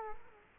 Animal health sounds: mosquito wingbeat signal from an infrared sensor; Culex quinquefasciatus

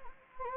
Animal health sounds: mosquito wingbeat signal from an infrared sensor; Anopheles gambiae

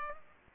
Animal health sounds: mosquito wingbeat signal from an infrared sensor; Culex pipiens

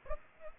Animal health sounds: mosquito wingbeat signal from an infrared sensor; Aedes aegypti

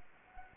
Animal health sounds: mosquito wingbeat signal from an infrared sensor; Anopheles arabiensis

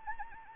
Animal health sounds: mosquito wingbeat signal from an infrared sensor; Anopheles arabiensis

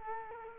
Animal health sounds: mosquito wingbeat signal from an infrared sensor; Culex quinquefasciatus

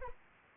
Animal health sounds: mosquito wingbeat signal from an infrared sensor; Anopheles arabiensis

